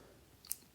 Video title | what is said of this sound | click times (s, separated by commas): Campark TC21 Solar Trail Camera - Full In-Depth Review | pop it in with your nail with a little click I can both | 0.5 s